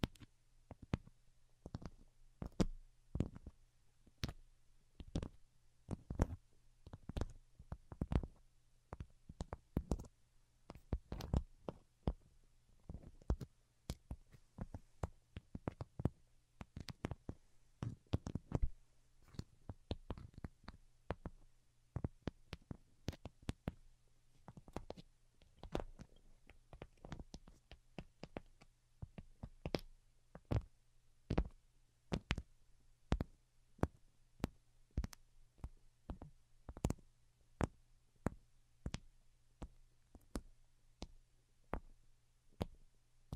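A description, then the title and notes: Light, delicate tapping runs through the whole recording as short, sharp clicks, sometimes in quick clusters and sometimes spaced apart at an uneven pace. Beneath the taps sits a faint, steady low hum that never changes. Most Delicate and Calming Tapping.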